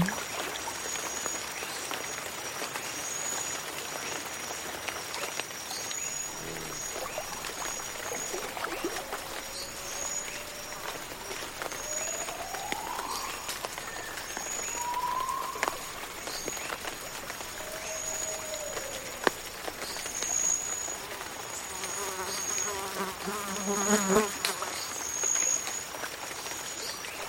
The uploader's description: Jungle swamp ambience